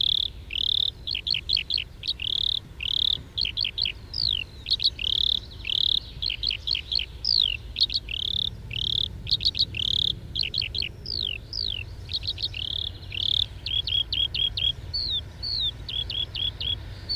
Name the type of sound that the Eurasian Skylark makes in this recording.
flight song